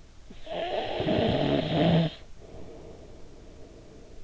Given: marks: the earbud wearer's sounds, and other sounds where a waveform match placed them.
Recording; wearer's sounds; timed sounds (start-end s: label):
sounds in sleep by an in-ear microphone; snoring breath
0.18-4.24 s: snoring breath